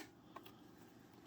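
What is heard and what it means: A small plastic filter door is lined up at the top and pushed down onto the body of a Shark Navigator Lift-Away ADV vacuum. It snaps into place with a sharp click at 0.4 s, followed by a softer tap at 0.5 s, over a low steady background hum. The filter door is seated and clicked shut.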